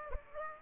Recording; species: mosquito wingbeat signal from an infrared sensor; Aedes aegypti